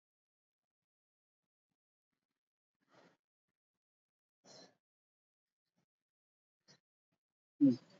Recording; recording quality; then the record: deep breathing; moderate, slight background noise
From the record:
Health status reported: healthy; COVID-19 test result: negative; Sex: male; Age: 45 years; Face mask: worn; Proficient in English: yes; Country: India